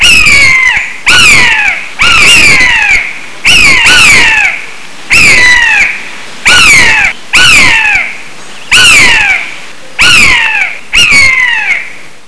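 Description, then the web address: Bird giving loud, harsh, squawking calls that drop sharply in pitch, repeated about once a second in a long, steady series. "动物鸟叫声素材"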